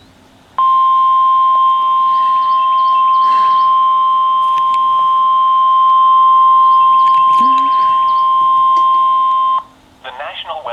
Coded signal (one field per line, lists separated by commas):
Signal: Emergency Alert System (SAME) tones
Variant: 1050 Hz attention tone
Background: speech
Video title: [EAS #45] Severe Thunderstorm Warning (#2)